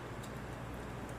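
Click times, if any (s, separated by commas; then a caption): none. A steel circlip is pushed down by hand into its groove in a Showa front fork leg on a Ducati 1098/848, just above the newly driven fork seal. Only a steady low hum and faint ticks are heard, with no talk. Nothing has seated or clicked yet.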